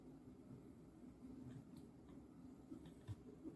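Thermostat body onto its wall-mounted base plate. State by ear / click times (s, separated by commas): not seated / none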